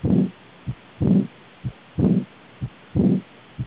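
A steady heartbeat at about 60 beats a minute, four cycles in all. Each beat opens with a long, loud, rumbling sound, followed by a brief, softer second sound.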